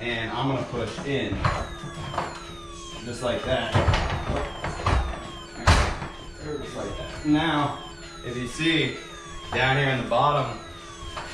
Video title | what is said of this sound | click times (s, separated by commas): Klipsch 7.1.4 ATMOS Home Theater & Epson 4050 4k Projector w/ 145 inch SCREEN! | can't come up and knock it off it's locked into place nice and solid | 4.9 s, 5.7 s